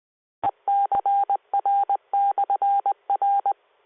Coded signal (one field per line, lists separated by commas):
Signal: Morse code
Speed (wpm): 20 wpm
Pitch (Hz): 800 Hz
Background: none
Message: ECR/R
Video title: East Coast Reflector Tech Net 666 2026 03 24 215002